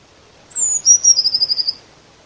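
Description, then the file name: Eurasian blue tit call: a thin, very high note sliding downward, then a quick trill of several even pulses, with near-silent surroundings. "Cyanistes caeruleus"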